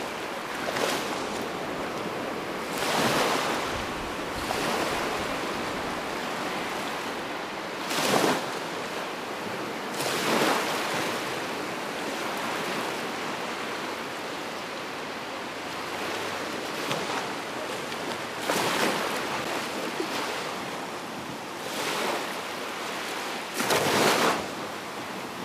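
Ocean waves wash in on a steady bed of rushing surf. Brighter, louder breakers surge every few seconds, near 3, 8, 10, 18 and 24 seconds, each cresting and fading quickly. A low wind rumble sits underneath throughout.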